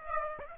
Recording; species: mosquito wingbeat signal from an infrared sensor; Aedes aegypti